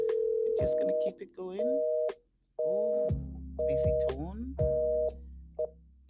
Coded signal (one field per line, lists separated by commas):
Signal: telephone call progress tone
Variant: North America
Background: speech, music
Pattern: busy tone